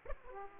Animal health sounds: mosquito wingbeat signal from an infrared sensor; Aedes aegypti

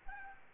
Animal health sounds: mosquito wingbeat signal from an infrared sensor; Aedes aegypti

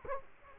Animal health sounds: mosquito wingbeat signal from an infrared sensor; Culex quinquefasciatus

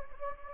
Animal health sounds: mosquito wingbeat signal from an infrared sensor; Anopheles gambiae

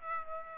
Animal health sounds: mosquito wingbeat signal from an infrared sensor; Aedes aegypti

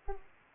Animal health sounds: mosquito wingbeat signal from an infrared sensor; Aedes aegypti

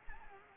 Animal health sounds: mosquito wingbeat signal from an infrared sensor; Anopheles arabiensis

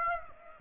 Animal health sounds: mosquito wingbeat signal from an infrared sensor; Aedes aegypti

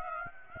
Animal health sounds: mosquito wingbeat signal from an infrared sensor; Aedes aegypti

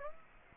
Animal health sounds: mosquito wingbeat signal from an infrared sensor; Aedes aegypti

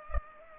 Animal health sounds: mosquito wingbeat signal from an infrared sensor; Culex pipiens

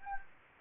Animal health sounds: mosquito wingbeat signal from an infrared sensor; Anopheles gambiae

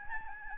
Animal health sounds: mosquito wingbeat signal from an infrared sensor; Aedes albopictus

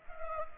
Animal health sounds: mosquito wingbeat signal from an infrared sensor; Culex pipiens

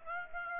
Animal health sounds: mosquito wingbeat signal from an infrared sensor; Aedes aegypti

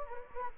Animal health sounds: mosquito wingbeat signal from an infrared sensor; Anopheles gambiae

